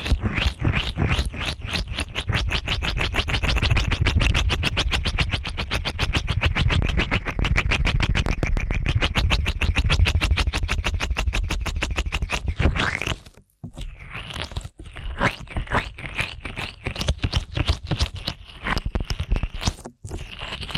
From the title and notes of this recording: ASMR Ear Cleaning at Helicopter Speed.